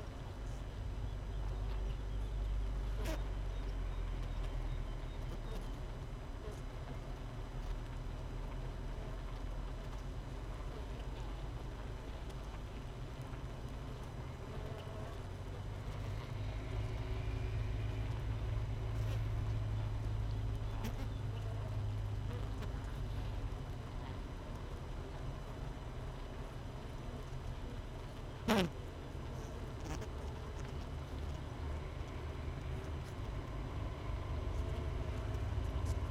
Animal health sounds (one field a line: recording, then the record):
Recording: honeybee colony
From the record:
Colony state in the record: missing queen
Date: 31 May 2018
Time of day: 6:30